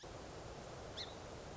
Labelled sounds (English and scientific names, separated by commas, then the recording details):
Song Sparrow (Melospiza melodia)
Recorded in Sonoma County, California